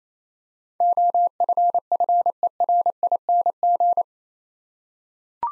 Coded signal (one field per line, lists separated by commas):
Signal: Morse code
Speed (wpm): 28 wpm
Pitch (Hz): 700 Hz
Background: none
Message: OFFERING